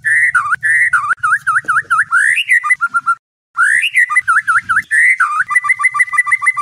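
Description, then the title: White-rumped shama song of looping, dipping whistles repeated in quick series, split by a brief pause, then crisp repeated whistled notes resume. Training recording for cage birds. "MURAI BATU LABAIK"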